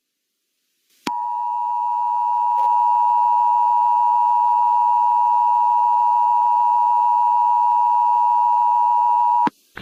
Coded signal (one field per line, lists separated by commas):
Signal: Emergency Alert System (SAME) tones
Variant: 853 and 960 Hz attention tone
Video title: EAS Scenario: 2050